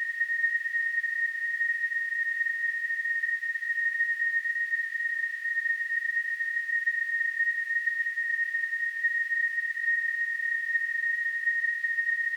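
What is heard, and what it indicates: A steady, unwavering high-pitched whistle near 2 kHz with a faint hiss above it runs unbroken for about 12 seconds. It is a simulation of tonal tinnitus, the constant ringing tone some people hear without any outside sound.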